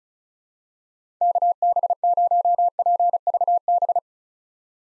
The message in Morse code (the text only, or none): KB0PVB